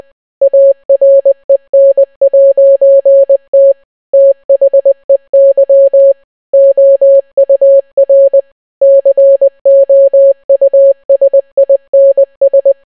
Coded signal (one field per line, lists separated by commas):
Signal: Morse code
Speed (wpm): 20 wpm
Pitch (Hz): 550 Hz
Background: none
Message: AREN'T THEY OUR COUSINS